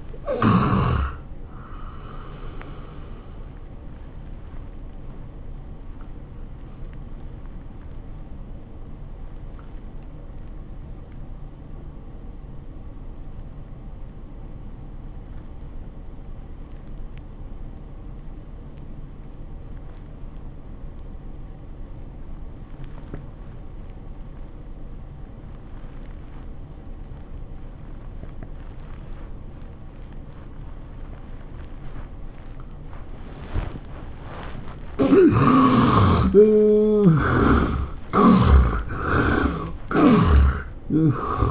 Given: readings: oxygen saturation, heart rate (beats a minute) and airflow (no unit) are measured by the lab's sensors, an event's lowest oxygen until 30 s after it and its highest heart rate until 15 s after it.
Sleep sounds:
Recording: breathing in sleep by a smartphone at the bedside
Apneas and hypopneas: 1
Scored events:
11.00-32.80 s: obstructive apnea (N1, oxygen 94% highest, then 70% lowest, heart rate 81 at the start, 104 highest)
15.00-41.51 s: new sleep stage, N2 (light sleep)
From the record:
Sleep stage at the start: N1 (lightest sleep)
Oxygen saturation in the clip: 69 to 94%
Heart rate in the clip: 70 to 101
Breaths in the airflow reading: 5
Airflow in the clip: -15.7 to 13.3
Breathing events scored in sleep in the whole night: 403 in 5.5 hours asleep

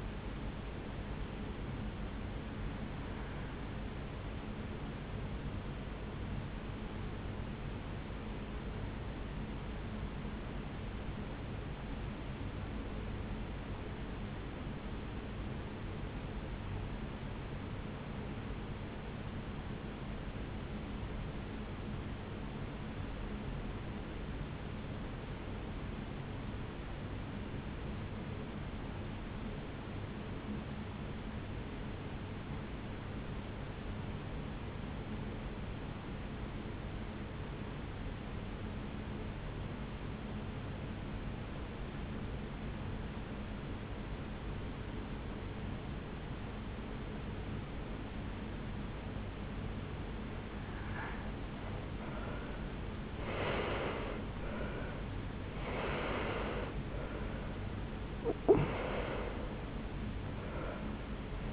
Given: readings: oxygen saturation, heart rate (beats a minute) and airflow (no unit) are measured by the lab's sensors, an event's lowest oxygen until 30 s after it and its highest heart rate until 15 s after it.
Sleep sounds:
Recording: breathing in sleep by a voice recorder at the bedside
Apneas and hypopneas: 1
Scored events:
6.00-52.50 s: hypopnea (REM, oxygen 96% highest, then 74% lowest, heart rate 59 at the start, 83 highest)
46.00-61.53 s: new sleep stage, N1 (lightest sleep)
From the record:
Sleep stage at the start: REM sleep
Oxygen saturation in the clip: 76 to 96%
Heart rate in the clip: 59 to 83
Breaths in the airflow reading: 8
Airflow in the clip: -10.4 to 8.6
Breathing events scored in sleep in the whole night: 449 in 7.0 hours asleep

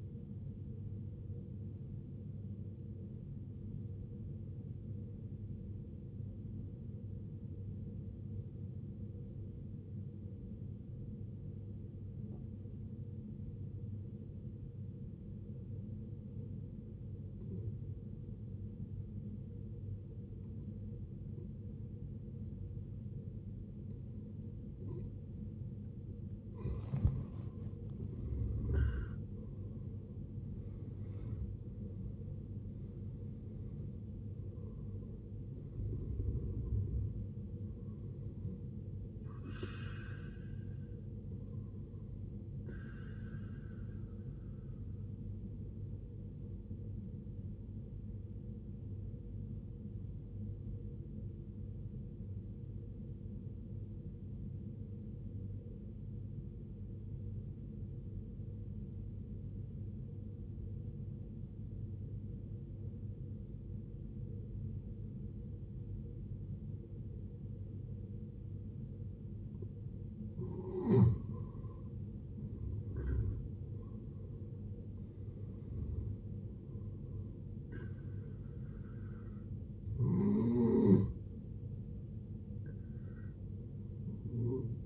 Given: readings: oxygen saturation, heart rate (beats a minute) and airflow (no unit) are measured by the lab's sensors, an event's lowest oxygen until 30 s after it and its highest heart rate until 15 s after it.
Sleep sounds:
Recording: breathing in sleep by a smartphone at the bedside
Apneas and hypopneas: 2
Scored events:
5.00-25.50 s: obstructive apnea (N1, oxygen 94% highest, then 76% lowest, heart rate 69 at the start, 80 highest)
51.00-71.70 s: obstructive apnea (N1, oxygen 95% highest, then 79% lowest, heart rate 63 at the start, 74 highest)
83.00-84.86 s: new sleep stage, awake
From the record:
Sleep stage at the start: N1 (lightest sleep)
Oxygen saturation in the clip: 76 to 95%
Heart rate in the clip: 52 to 80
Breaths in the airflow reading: 10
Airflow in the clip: -15.8 to 18.0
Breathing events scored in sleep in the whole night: 389 in 6.3 hours asleep

